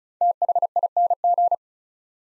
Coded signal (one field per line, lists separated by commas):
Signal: Morse code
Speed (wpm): 34 wpm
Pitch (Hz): 700 Hz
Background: none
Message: THING